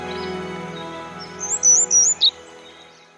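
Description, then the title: Grey wagtail giving a brief run of three or four thin, high, wavering notes over a steady low droning hum. Boso Peninsula, Chiba Prefecture, Japan. "房総半島（千葉県）のキセキレイ"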